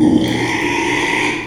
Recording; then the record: squeal of a Yucatan mini pig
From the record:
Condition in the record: after surgery on the right vocal fold (resection and tissue-engineered implant); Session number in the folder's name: 1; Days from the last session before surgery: 6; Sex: male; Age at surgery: 12 weeks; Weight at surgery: 13 kg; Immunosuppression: cyclosporine, prednisolone